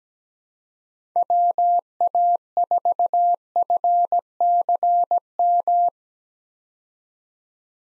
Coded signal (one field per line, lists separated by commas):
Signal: Morse code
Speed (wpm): 17 wpm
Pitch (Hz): 700 Hz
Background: none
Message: WA4FCM